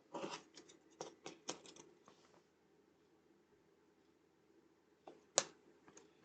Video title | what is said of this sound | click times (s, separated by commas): Build Star Wars Darth Vader 1:2 Scale - Pack 2 - Stages 3-5 | you probably hear them click as they go in | 5.4 s